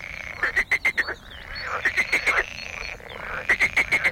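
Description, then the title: Great snipe giving three bursts of sharp clicks mixed with high twittering, whistled notes, each burst under a second long. "vogel der woche. Doppelschnepfe"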